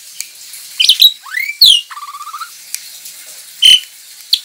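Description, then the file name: Javan pied starling song: harsh notes, upward-sweeping whistles, a short rapid rattling series, then a lone sharp whistle. Lure call (pancingan) of the Javan pied starling, used to attract birds. "suara pancingan jalak suren"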